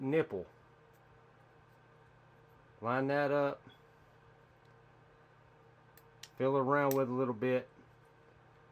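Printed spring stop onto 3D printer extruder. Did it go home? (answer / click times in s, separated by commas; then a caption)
yes / 6.0 s, 6.2 s. A printed spring-stop part is lined up so its hole sits over a small nipple on a K2 Plus 3D printer's extruder and pressed on, while someone talks. Two sharp ticks sound at 6.0 s and 6.2 s as the spring stop snaps into place and seats.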